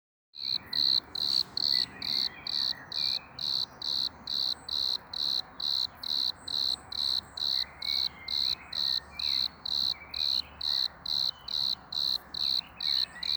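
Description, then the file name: Eumodicogryllus bordigalensis cricket singing a regular train of brief high-pitched chirps, roughly two each second, continuing without pause after a quiet start. Recorded at Bonn-Oberkassel in May 2020. "Eumodicogryllus bordigalensis Bonn-Oberkassel Mai 2020 Ulrich Sander"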